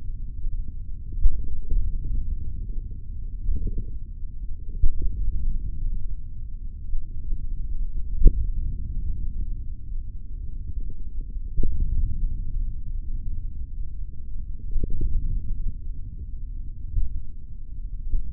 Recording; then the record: forearm muscle sounds (acoustic myography)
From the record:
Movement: hand opening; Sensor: system 3, bracelet of six PUI Audio POM-2738L microphones around the upper forearm, with dedicated amplification and filtering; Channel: 2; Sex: male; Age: 23 years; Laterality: right